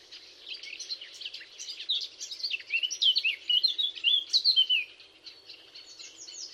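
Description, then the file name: Eurasian blackcap song: quiet scratchy notes building into a loud, fluty, rapidly varied warble midway, then fading. "Sylvia atricapilla"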